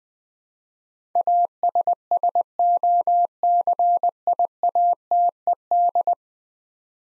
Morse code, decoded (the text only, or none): ASSOCIATED